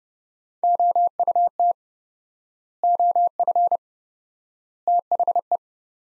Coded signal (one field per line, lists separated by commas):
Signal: Morse code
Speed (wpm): 30 wpm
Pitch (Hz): 700 Hz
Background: none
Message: OUT OF THE